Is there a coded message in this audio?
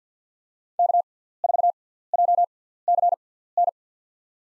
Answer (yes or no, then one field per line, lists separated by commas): yes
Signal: Morse code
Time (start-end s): 0.8-3.7 s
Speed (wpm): 50 wpm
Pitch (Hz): 700 Hz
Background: none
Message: K4JCN